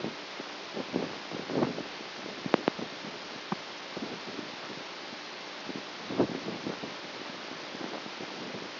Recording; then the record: brain microelectrode recording played as sound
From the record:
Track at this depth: outside the subthalamic nucleus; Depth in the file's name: 6.001 mm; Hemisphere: right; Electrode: 2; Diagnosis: Parkinson's disease